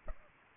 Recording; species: mosquito wingbeat signal from an infrared sensor; Aedes aegypti